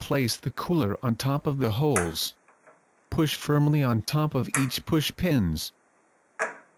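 A CPU cooler is handled over the motherboard mounting holes, with its plastic push pins about to be pressed down firmly into them. Someone talks for most of the clip, with a brief faint tick near the end. Nothing has seated or clicked yet; each pin is meant to click to confirm it is locked in position.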